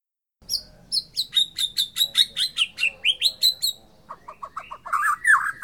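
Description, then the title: White-rumped shama song of rapid repeated sharp whistled notes, shifting to lower, richer phrases near the end. Bornean form of the white-rumped shama. "MURAI BORNEO MAS KIKI"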